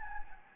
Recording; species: mosquito wingbeat signal from an infrared sensor; Anopheles gambiae